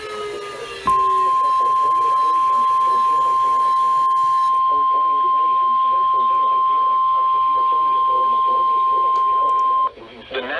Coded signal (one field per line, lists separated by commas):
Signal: Emergency Alert System (SAME) tones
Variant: 1050 Hz attention tone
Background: speech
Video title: NOAA Radio (EAS # 376-380) Severe Thunderstorm Warning's